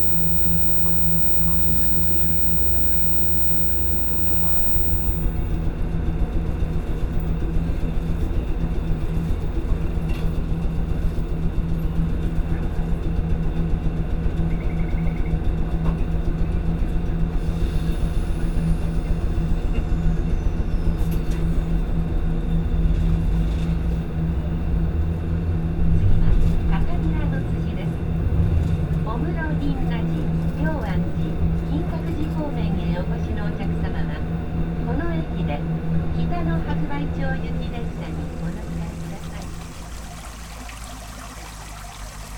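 A field recording from Kyoto, Japan, dominated by a steady low engine-like rumble with a constant hum, probably a vehicle or train. Faint voices flicker through the middle, with brief clatter around 26–30 seconds. Near the end the rumble drops and thins out.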